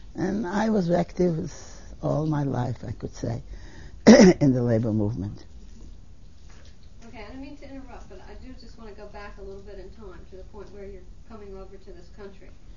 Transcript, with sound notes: And I was active all my life I could say ( she coughs ) in the labor movement.
Okay, I don't mean to interrupt, but I do just want to go back a little bit in time to the point where you're coming over to this country.